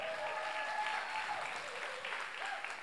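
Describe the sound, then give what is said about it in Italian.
Sustained audience applause for the Lode worship team at a Sunday church meeting: a dense, steady wash of many hands clapping at an even loudness for the full few seconds, with no individual claps standing out. “Facciamo un applauso a tutto il team Lode.”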